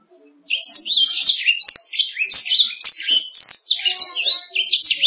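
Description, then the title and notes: Canary singing a quick, varied phrase of high chirps and buzzy trills after a short silence. "Suara Burung Kenari"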